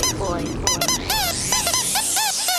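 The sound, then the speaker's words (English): A squeaky singing duck toy honks in a quick, uneven string of loud, nasal squeals, each one bending and warbling in pitch over a constant noisy background. “This is only a singing duck toy, only a crazy duck.”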